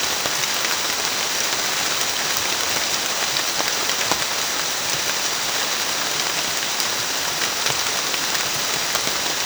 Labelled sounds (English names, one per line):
none